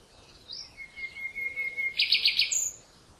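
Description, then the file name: Common nightingale song: a thin, drawn-out steady whistle held for over a second, then a harsh, buzzy burst of rapid notes and a brief high note. "Luscinia megarhynchos"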